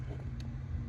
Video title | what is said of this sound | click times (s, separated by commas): 3 PARTS WENT OUT ON MY CHARGER AT ONE TIME | right there this pin snaps around there all | 0.4 s